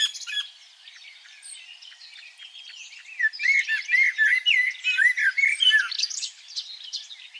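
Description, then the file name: Common blackbird song: a quiet twittering start, then loud fluty and squeaky warbled notes crowding together in the second half, with high chirps mixed throughout. "Turdus merula"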